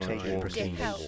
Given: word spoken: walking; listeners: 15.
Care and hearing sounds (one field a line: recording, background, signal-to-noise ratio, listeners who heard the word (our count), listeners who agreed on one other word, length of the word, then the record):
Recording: one English word in noise, from a listening test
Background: four-talker babble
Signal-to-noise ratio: -2.4 dB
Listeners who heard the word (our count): 0 of 15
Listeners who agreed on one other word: 6 of 15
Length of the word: 0.68 s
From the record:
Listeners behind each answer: 6, 4, 2, 1, 1, 1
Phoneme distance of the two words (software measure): 40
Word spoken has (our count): 2 syllables, 5 phonemes, stress on syllable 1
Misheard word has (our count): 2 syllables, 5 phonemes, stress on syllable 1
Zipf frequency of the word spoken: 4.92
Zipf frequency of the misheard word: 5.42